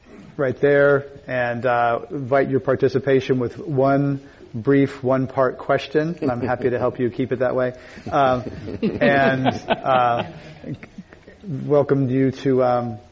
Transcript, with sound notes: right there, and invite your participation with one brief, one part question. I'm happy to help you keep it that way --
[Laughter]
-- and welcome you to